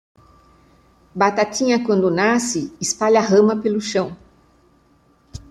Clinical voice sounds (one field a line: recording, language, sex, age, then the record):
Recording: short text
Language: Brazilian Portuguese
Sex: female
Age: 60 to 69 years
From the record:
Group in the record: control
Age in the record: 68 years